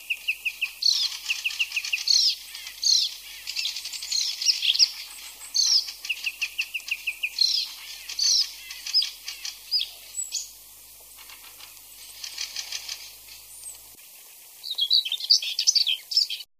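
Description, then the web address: Icterine warbler singing a long, restless run of grating buzzes, nasal notes and high whistles, pausing a few seconds before a final burst. "ljud Hippolais icterina"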